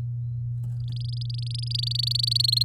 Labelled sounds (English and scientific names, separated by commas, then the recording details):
Domestic Canary (Serinus canaria) song
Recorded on 8 May 2018 at 10:36
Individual llb16